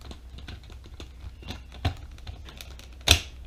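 With the bin door opened just in case, a plastic cover piece is pushed onto the body of a Dyson V6 cordless vacuum during a battery replacement, with soft plastic handling and tapping noises throughout. A sharp, loud click at 3.1 s marks the piece seating home.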